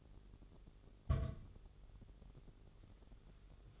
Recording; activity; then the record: daily activity, microphone in the room; place on stove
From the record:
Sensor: 4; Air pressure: 989.1 hPa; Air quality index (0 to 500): 209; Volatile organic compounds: 58 ppm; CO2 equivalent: 3390 ppm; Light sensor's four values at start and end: 29/99/37/38 and 29/99/37/38